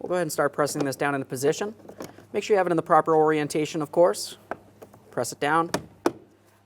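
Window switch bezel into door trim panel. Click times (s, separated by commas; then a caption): 6.1 s. A plastic window switch bezel on a 2015-2020 Ford F-150 is pressed down into its opening in the door trim panel while someone talks. One loud, sharp snap is heard at 6.1 s as the bezel seats into the door panel.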